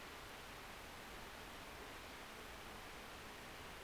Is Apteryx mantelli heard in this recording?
no